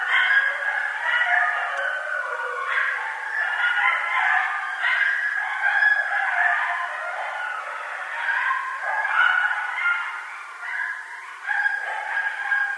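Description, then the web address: Coyotes in a group chorus of overlapping wavering howls and high yips, continuous throughout with rising and falling pitches, no other clear sounds. Several coyotes recorded on 24 March 2012. "Coyote 2012 03 24 Coyotes"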